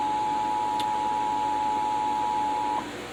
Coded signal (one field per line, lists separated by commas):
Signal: Emergency Alert System (SAME) tones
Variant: 853 and 960 Hz attention tone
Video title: Tornado Warning on NJPBS (EAS #49)